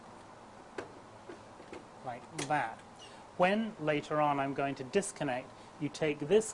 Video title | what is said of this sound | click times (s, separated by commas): 204 - Reflux | you hear that click that has firmly attached and I'll do it for the second one like | 0.8 s